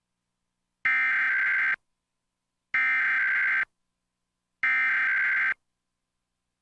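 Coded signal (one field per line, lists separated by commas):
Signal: Emergency Alert System (SAME) tones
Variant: header bursts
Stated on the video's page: Comcast cable Emergency Alert System required monthly test, personally recorded.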